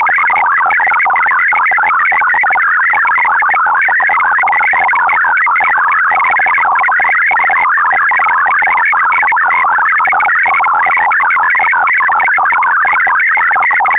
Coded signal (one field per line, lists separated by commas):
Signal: multi-tone FSK (Olivia or MFSK type)